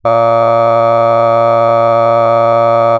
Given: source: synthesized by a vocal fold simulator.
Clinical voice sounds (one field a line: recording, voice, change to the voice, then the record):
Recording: sustained vowel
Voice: male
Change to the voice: cycle-to-cycle stiffness perturbation (roughness), level 4 of 10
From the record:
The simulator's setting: 2.05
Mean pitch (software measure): 115 Hz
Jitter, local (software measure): 1.13%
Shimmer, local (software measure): 4.3%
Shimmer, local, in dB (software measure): 0.37 dB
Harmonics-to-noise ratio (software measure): 18.1 dB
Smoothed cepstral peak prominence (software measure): 20.7 dB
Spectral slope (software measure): -17.1 dB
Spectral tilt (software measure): -11.3 dB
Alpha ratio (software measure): -7.6 dB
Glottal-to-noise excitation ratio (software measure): 0.995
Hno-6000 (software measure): 2.5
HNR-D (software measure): 22.7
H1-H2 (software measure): 5.0 dB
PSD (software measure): 7.8e-05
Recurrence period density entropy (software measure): 0.108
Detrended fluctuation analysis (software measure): 0.0542